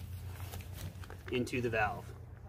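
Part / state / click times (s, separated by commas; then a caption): pump sack clip onto sleeping pad valve / not seated / none. The plastic clip of a pump sack is handled at the inflation valve of an Amok Fjol LW long wide sleeping pad while someone talks, with a few faint handling taps. Nothing has clicked or seated yet; the clip is not yet snapped onto the valve.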